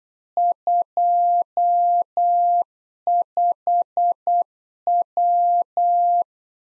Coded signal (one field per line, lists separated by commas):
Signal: Morse code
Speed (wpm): 8 wpm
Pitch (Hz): 700 Hz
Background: none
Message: 25W